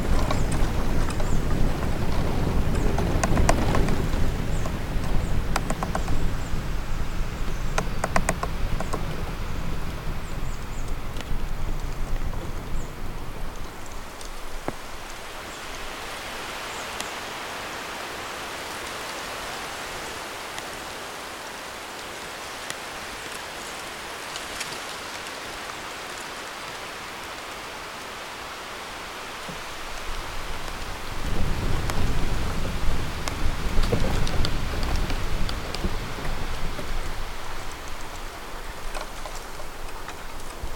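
Wind moves through a bamboo forest, a steady hiss of rustling leaves with scattered light knocks and clicks. Low gusty rumbles swell during the first fifteen seconds, drop away to a quieter, airier stretch, then return strongly from about thirty seconds on.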